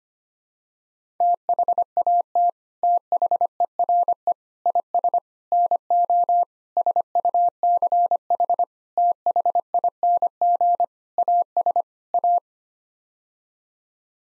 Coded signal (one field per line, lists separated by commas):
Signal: Morse code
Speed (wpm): 25 wpm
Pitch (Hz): 700 Hz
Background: none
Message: THAT THERE IS NO SUCH THING AS A